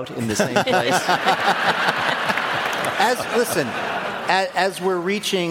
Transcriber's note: laughter